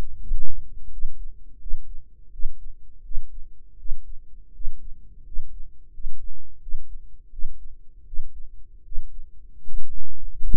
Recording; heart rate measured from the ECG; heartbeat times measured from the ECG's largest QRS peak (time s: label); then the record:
heart sounds by microphone in the right ear; 83 bpm
0.19 s: heartbeat
0.90 s: heartbeat
1.59 s: heartbeat
2.31 s: heartbeat
3.02 s: heartbeat
3.77 s: heartbeat
4.52 s: heartbeat
5.24 s: heartbeat
5.91 s: heartbeat
6.60 s: heartbeat
7.30 s: heartbeat
8.05 s: heartbeat
8.83 s: heartbeat
9.62 s: heartbeat
10.36 s: heartbeat
From the record:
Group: healthy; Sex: male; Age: 23 years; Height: 179 cm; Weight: 87 kg